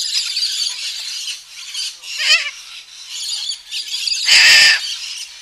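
Little corellas screeching: a harsh, continuous din of raspy squawks, with one especially loud, grating screech near the end.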